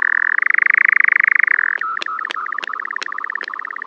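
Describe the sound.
Nightjar churring: a fast, even mechanical trill that drops in pitch, then breaks into stuttering pulsed notes with several sharp clapping cracks.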